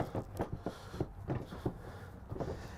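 A removable rear seat in a 2022 Summit Longs Peak van is slid and lined up on its floor track before its quick-lock handles are pushed forward to lock it. Short knocks and scraping positioning noises are heard around 0.0, 0.4, 1.0 and 1.7 seconds. Nothing has seated or clicked yet.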